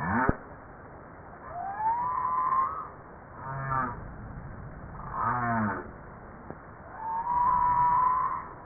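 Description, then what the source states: Humpback whale calls: rising moaning tones alternate with short pulsed, harmonic grunts, separated by quiet pauses. Recording published in JASA in 2013; file labelled 940302-1222.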